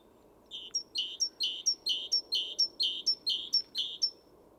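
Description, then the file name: Great tit call: regular buzzy chatter notes, roughly two per second, each preceded by a high tick, about eight in total, with faint low hum behind. "Parus major"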